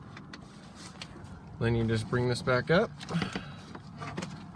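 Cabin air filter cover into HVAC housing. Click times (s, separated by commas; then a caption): 0.3 s, 1.0 s. On a 2006 Honda Accord, the cabin air filter assembly is slid back into its plastic HVAC housing behind the glovebox until the retaining clips on both sides engage. Short clicks are heard at 0.3 s and 1.0 s, and then someone talks. The filter cover is seated.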